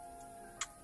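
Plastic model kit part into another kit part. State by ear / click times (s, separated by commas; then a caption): seated / 0.6 s. A plastic model kit part is pushed into another kit part while kitbashing, over a faint steady background tone. A single sharp, bright click sounds at 0.6 s, followed by a couple of soft small taps near the end. The part clicks in and is seated.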